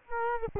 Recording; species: mosquito wingbeat signal from an infrared sensor; Culex quinquefasciatus